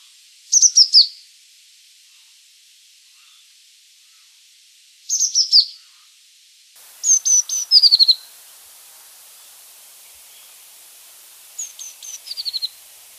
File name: cyanistes cyanus